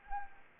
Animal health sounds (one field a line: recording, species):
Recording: mosquito wingbeat signal from an infrared sensor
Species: Anopheles gambiae